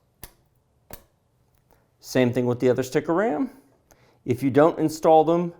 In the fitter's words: and you'll hear 2 clicks.